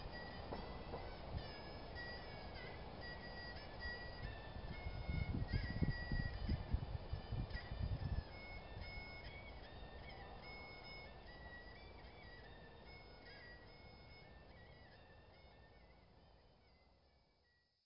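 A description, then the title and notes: A man plays the erhu in a park, thin bowed notes stepping up and down over low rumbling, louder from five to eight seconds, then fading. China - man playing the Erhu in park. A man play the Erhu in a quiet part of the Temple of Heaven Park in central Beijing, China.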